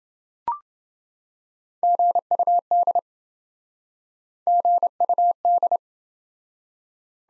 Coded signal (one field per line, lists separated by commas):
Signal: Morse code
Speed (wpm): 28 wpm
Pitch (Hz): 700 Hz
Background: none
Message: GUD GUD